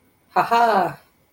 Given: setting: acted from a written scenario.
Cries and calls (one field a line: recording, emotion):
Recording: vocal sound without words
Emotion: triumph